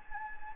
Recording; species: mosquito wingbeat signal from an infrared sensor; Anopheles gambiae